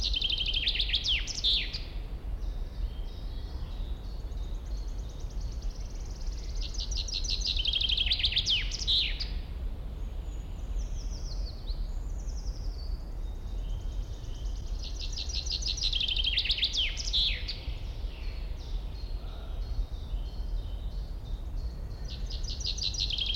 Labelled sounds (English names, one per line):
Common Chaffinch